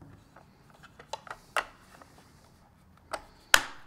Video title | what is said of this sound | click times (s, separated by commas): DJI Matrice 600 Assembly Part III | here I'm going to put the cover back on the Power Distribution board here just like that snaps | 3.5 s